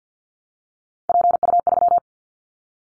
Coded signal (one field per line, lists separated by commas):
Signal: Morse code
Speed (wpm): 50 wpm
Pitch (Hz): 700 Hz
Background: none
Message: PU3